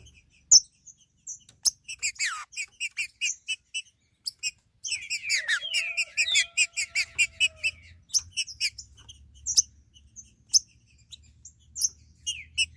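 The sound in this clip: Green-winged saltator song: rapid runs of short, bright, harmonic notes, with a few sweeping slurs and sharp clicks, plus a faint low hum later on.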